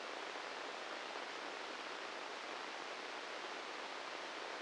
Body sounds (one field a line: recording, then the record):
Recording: brain microelectrode recording played as sound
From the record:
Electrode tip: inside the subthalamic nucleus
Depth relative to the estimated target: -1 mm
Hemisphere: left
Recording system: NeuroSet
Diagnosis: Parkinson's disease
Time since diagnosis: 10 years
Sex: male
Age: 56 years